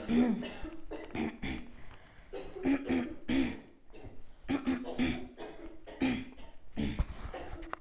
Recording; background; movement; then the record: throat clearing; a bystander coughing; walking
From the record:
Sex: female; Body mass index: 22.6 kg/m2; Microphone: on the chest, facing outward